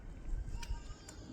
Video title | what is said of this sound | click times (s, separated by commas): How to change the faulty temperature sensor on Toyota auris and Toyota corolla. | push the connector back in like this. Hear the click? | 0.6 s, 1.1 s